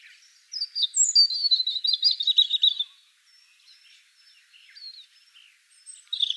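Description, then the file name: European robin song: a loud rapid warbled trill lasting over two seconds, then scattered soft high notes and another phrase starting at the end. "Erithacus rubecula"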